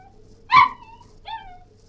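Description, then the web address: Cairn terrier giving one sharp yelp followed by a short whine, with a faint low hum behind. Yelping, whining and barking. "BBC Cairn T"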